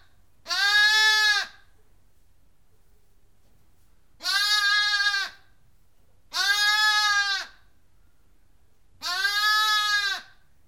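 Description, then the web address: Lamb bleating, four loud harmonic bleats of about one second each, spaced by pauses of one to three seconds, steady and slightly wavering in pitch, with nothing else heard. "The BBC Sound Effects Library. Livestock. Lamb Bleating"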